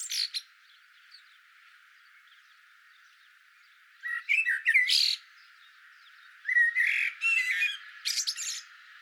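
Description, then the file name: Eurasian blackbird: bursts of thin, high squeaky twittering with short fluty notes, in a few brief phrases separated by quiet gaps. "Turdus merula"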